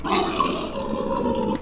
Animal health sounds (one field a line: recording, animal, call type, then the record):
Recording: contact call of a hoofed animal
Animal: wild boar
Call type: grunt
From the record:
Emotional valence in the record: negative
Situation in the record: naturally occurring agonistic interactions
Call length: 1.61 s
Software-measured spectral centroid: 1760 Hz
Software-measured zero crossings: 1690 a second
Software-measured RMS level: -24 dBFS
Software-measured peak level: -8 dBFS